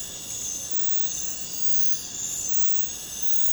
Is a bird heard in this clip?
no